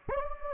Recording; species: mosquito wingbeat signal from an infrared sensor; Anopheles gambiae